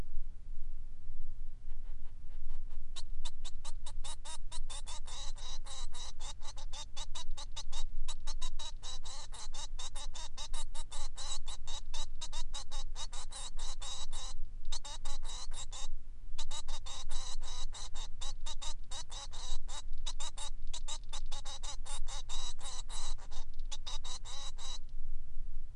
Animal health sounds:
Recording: song of a male Bengalese finch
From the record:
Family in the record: son of father 3

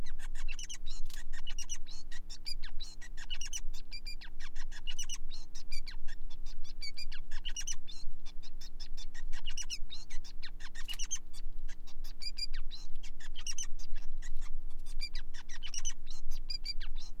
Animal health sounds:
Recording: song of a male Bengalese finch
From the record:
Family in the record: son of father 5

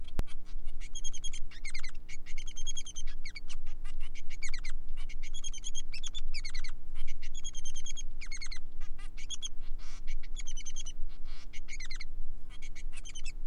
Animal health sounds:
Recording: song of a male Bengalese finch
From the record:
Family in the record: son of father 3

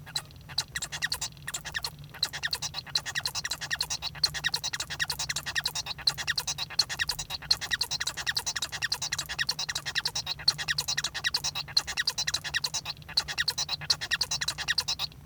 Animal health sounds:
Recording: song of a male Bengalese finch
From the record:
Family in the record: son of father 1

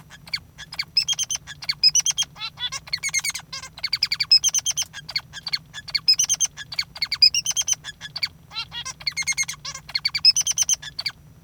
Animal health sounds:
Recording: song of a male Bengalese finch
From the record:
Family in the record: father 3

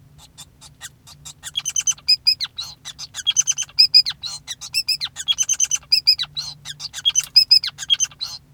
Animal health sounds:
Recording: song of a male Bengalese finch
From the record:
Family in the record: son of father 5

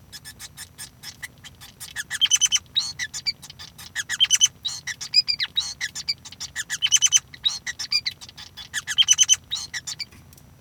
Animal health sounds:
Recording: song of a male Bengalese finch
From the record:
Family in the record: son of father 5

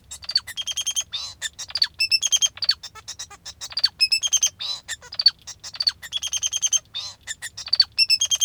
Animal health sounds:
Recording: song of a male Bengalese finch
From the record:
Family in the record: father 2

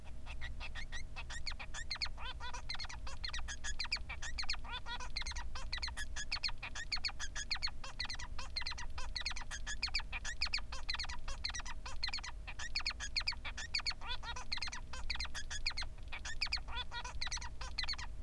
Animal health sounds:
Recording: song of a male Bengalese finch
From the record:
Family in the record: son of father 3

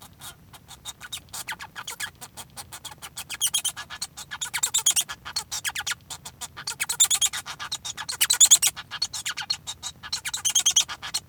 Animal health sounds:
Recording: song of a male Bengalese finch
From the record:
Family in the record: son of father 1

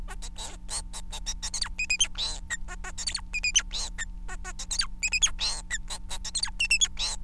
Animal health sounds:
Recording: song of a male Bengalese finch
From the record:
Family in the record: son of father 4

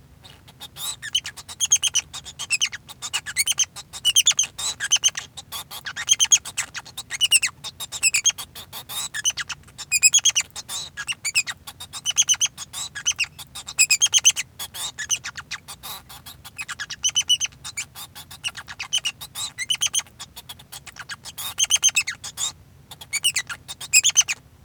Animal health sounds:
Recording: song of a male Bengalese finch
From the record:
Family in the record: son of father 2

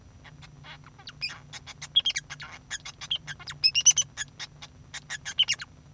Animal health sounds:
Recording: song of a male Bengalese finch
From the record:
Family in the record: son of father 2

